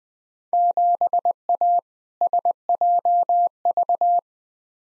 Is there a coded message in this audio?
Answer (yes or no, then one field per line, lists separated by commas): yes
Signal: Morse code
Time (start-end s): 0.5-4.2 s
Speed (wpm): 20 wpm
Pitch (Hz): 700 Hz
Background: none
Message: 7A SJV